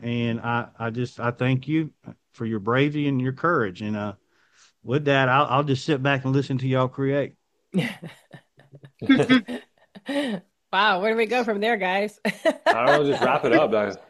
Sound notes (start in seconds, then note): 7.8 laughs; 12.3 laughs